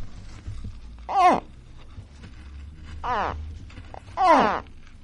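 Gharial calls: three short harmonic notes sliding downward, with quiet gaps between.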